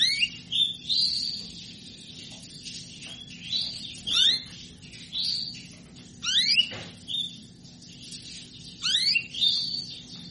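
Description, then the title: Canary calls: repeated rising chirps mixed with short buzzy and whistled notes, coming in quick irregular bursts throughout, above a low background hum. Female canary calling to mate; sounds meant to stimulate Belgian canaries into singing. "Canto Para Esquentar Canário Belga. Suara burung kenari betina minta kawin"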